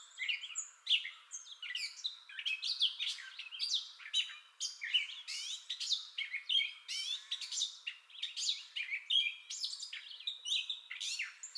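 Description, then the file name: Gray catbird singing a long, unbroken stream of harsh mews, chips and squeaky whistles, phrases changing constantly with no repetition pattern. Entire song bout, recorded 30 May 2021. "2021-05-30 Gray Catbird Entire Song Bout"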